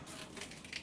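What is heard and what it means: An 18V slide-on battery pack is slotted into the top of an Evolution R11VAC-Li cordless wet & dry workshop vacuum. A short sliding, crunching sound is followed by a sharp click at 0.8 s as the battery seats home.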